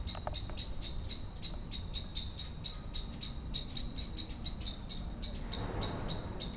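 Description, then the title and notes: Common blackbird giving a fast, steady rattle of harsh scolding notes, several per second, over a low background hum. Excited scolding while flying from tree to tree; Lütticher Straße, Cologne; morning; cyclists and pedestrians on the pavement in background; nearfield recording. "cologne, lütticherstrasse, amsel. amsel aufgeregt schimpfend fliegt von baum zu baum, im hintergrund fahrradfahrer und fussgänger auf dem bürgersteig, morgens"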